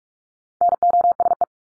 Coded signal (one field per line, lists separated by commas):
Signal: Morse code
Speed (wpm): 44 wpm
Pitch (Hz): 700 Hz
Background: none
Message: NOSE